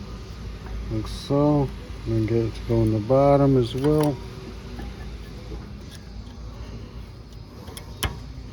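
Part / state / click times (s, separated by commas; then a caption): brake pad into caliper bracket abutment clips / not seated / none. A rear brake pad for a 2007 Toyota Tundra is hooked into the top of the caliper bracket while its bottom is worked toward the abutment clip, with someone talking over faint handling noise. A brief sharp tick sounds at about 8.0 s, but the pad has not clicked into place or seated yet.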